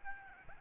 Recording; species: mosquito wingbeat signal from an infrared sensor; Aedes albopictus